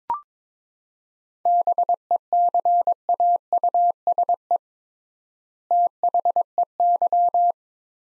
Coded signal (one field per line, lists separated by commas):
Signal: Morse code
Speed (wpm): 22 wpm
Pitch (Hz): 700 Hz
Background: none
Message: BECAUSE THEY